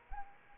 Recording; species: mosquito wingbeat signal from an infrared sensor; Anopheles arabiensis